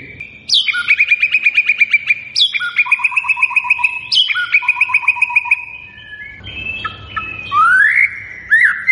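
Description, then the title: White-rumped shama singing repeated phrases that begin with a sharp high note and run into rapid stuttering whistles, then slurred rising notes. Lure recording of a vigorously singing white-rumped shama, meant to make birds respond. "PANCINGAN MURAI BATU GACOR"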